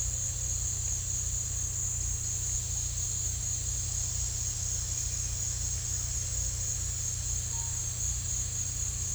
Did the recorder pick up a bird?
yes